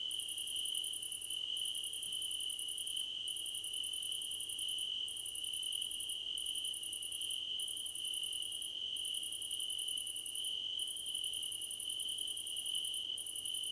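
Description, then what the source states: Crickets chorus: a steady high trill runs throughout, while a higher pulsed chirping comes in bursts of about one to two seconds separated by short pauses. Several crickets chirping together, described as a choir competition.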